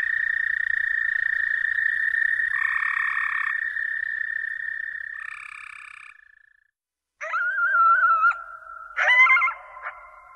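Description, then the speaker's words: American toad trilling in sustained overlapping buzzes that fade out midway; after a short silence, a different tonal sound follows. Mating call, described as the love song of the toad; recorded in Kentucky. "Here's the sound of the American toad, recorded in Kentucky. It's the mating call, the love song of the toad."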